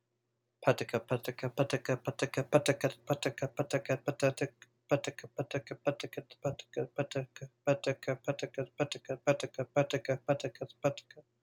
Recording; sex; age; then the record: repeated syllables /pa ta ka/; male; 20 to 29 years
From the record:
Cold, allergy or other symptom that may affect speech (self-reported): no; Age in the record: 23 years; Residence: United States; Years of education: 19